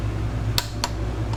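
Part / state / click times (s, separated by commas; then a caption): torque wrench on brake rotor bolt / torque reached / 0.6 s, 0.8 s. A click-type torque wrench tightens the next front brake rotor bolt on a Yamaha V-Star 1100 Custom in a cross pattern. Sharp metallic clicks come at 0.6 s and 0.8 s over a steady low hum, followed by a faint tick near 1.3 s. The wrench clicks at its setting, confirming the bolt is torqued.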